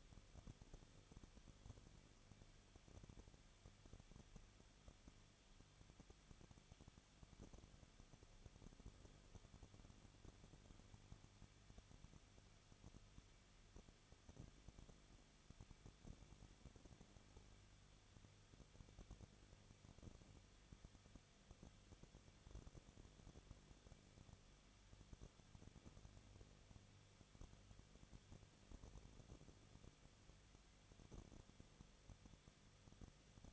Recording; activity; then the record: daily activity, microphone in the room; no activity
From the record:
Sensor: 4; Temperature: 23.0 degrees Celsius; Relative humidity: 34.0%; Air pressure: 1007.4 hPa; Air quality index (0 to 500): 213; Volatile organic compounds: 14 ppm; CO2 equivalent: 2447 ppm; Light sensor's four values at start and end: 2/3/1/1 and 2/3/1/1